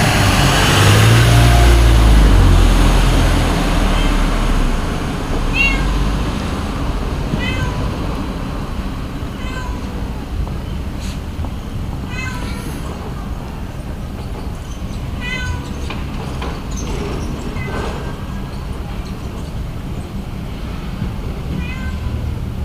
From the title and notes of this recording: Japan Sounds - Cat mewing at a Temple in Kyoto.